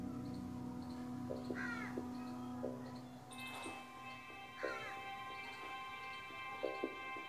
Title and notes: crows are crying on seeing a cat